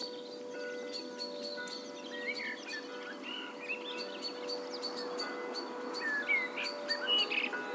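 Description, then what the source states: Blackbird song with short mellow warbled phrases near the middle and the end, among many sharp high chirps and sustained ringing tones. Blackbirds and bells.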